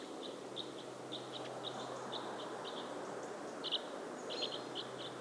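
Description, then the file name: Red crossbill flight calls: short, hard call notes repeated in quick clusters, about two or three a second, over a steady broad background hiss. Red Crossbill of call type N, giving flight calls. "Red Crossbill Type N 15-FCs"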